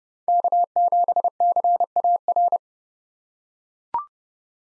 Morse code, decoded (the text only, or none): K7CAR